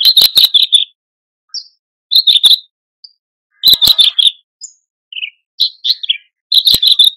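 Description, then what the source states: Horsfield's bush lark song in loud bursts of rapid repeated chirps, separated by short gaps, with sharp clicks and a few lone whistled notes. Masteran for training cage birds; a very active, vigorous singer.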